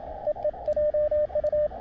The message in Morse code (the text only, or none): EE JU